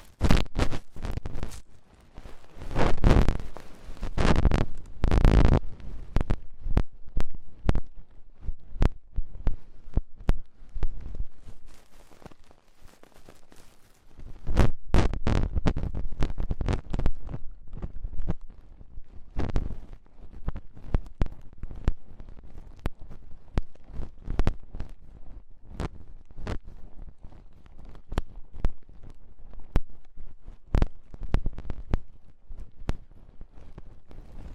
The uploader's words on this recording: ASMR Tingly Ear Cleaning Rhinestone & Clay Removal (No Talking).